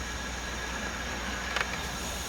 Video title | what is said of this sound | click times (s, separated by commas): ADD Factory upfitter switches here!! 23-26 F250 F350 #modified | I heard it click back in. | 1.6 s